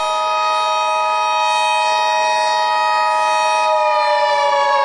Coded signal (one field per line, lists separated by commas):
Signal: Emergency Alert System (SAME) tones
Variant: 853 and 960 Hz attention tone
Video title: EAS Mini Scenario: The Illuminati